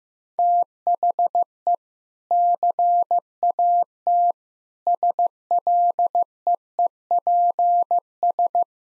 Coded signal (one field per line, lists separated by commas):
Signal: Morse code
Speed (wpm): 15 wpm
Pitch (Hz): 700 Hz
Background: none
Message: THE CAT SLEEPS